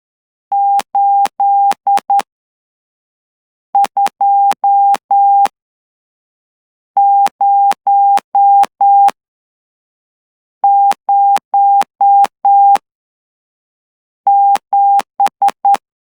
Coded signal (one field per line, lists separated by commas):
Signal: Morse code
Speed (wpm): 11 wpm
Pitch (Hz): 800 Hz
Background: none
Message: 82007